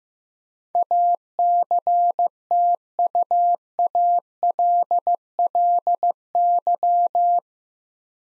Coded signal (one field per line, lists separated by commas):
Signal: Morse code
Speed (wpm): 15 wpm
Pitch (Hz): 700 Hz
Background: none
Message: ACTUALLY